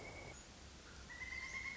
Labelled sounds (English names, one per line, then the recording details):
Pileated Woodpecker
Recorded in Sonoma County, California